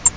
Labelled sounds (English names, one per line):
Grace's Warbler flight call